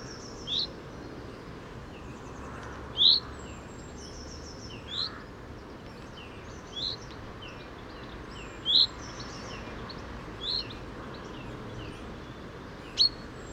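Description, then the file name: Common chaffinch calling with bright short 'pink' notes at irregular intervals, some louder than others, with fainter chirps in the background. "Fringilla coelebs"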